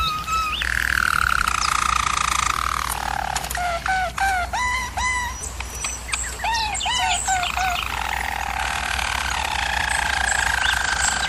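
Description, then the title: German Roller canary singing: a sliding roll, then a series of quick upward-swooping notes, then a smooth sustained roll, with a low hum behind. German Roller canary singing, used for canary song training. "German Roller Canary Singing - Canary Training Vid"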